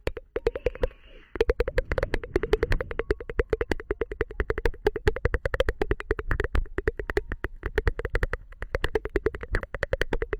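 Rapid tongue clicks with no voice, popping out in a fast, fairly steady stream of about eight to ten per second. Each click is sharp and crisp, with a hollow, knocking tone. A short pause with a faint breathy hiss comes near the one-second mark.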